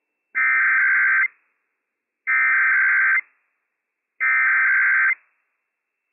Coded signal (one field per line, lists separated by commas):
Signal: Emergency Alert System (SAME) tones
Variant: header bursts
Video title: Washington State EOC RWT - WWF56 - EAS #207 - 11:01 AM PST 12/07/21